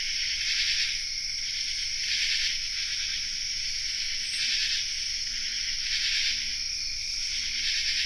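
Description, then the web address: Common true katydid chorus with overlapping scratchy pulses in irregular bursts, a continuous shrill insect din throughout. Chorus, North America. "Songs of Insects -Common True Katydid chorus"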